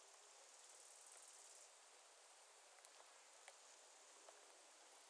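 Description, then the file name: Bush-cricket song, a continuous thin high buzz that swells briefly near the start, with occasional soft ticks. Recorded at a roadside in Germany. "Bord De Route Allemagne Sauterelles"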